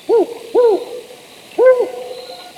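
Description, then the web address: Rufous-banded Owl calling with three low, slightly arched hoots, the first two close together and the third after a pause. Recorded in Ecuador. "Birds of Ecuador. Rufous-Banded Owl"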